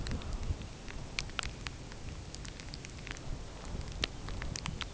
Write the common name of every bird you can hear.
none